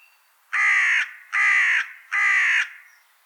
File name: Corvus corone